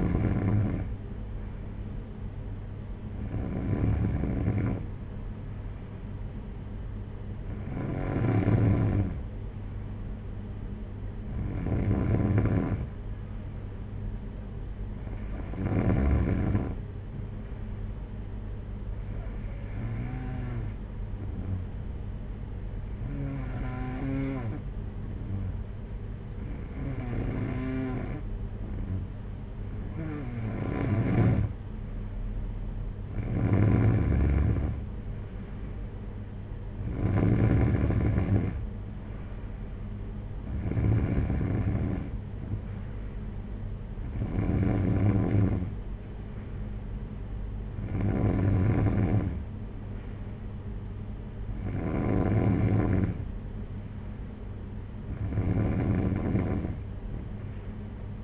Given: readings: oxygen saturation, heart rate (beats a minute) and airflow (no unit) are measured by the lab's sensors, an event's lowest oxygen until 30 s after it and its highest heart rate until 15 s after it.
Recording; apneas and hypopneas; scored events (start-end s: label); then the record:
breathing in sleep by a smartphone at the bedside; none
none scored
From the record:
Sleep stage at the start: N3 (deep sleep); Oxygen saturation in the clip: 92 to 94%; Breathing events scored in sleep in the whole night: 226 in 8.8 hours asleep